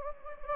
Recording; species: mosquito wingbeat signal from an infrared sensor; Anopheles gambiae